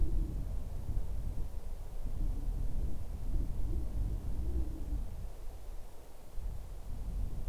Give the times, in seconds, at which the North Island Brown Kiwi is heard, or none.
none